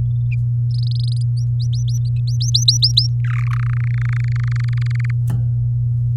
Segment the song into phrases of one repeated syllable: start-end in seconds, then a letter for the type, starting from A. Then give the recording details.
0.71-1.23 A, 1.37-3.07 B, 3.24-3.48 C, 3.50-5.11 D. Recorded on 9 May 2018 at 14:58. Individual llb16